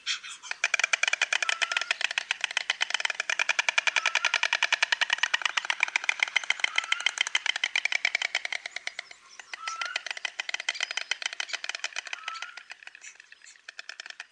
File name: bocian